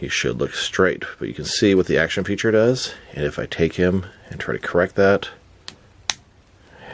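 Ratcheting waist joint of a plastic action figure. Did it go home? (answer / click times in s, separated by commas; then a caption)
yes / 6.1 s. Someone talks while twisting the plastic torso of a Spin Master 6-inch Epic Strike action figure to correct its pose against its action feature. The ratcheting waist joint clicks into a detent closer to the middle, with a sharp click at 6.1 s after a fainter tick at 5.7 s, and the joint seats.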